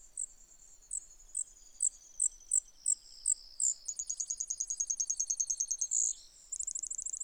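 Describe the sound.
Brewer's sparrow singing spaced high sweeping notes that speed up into a fast rattling trill, then a further trill after a brief pause.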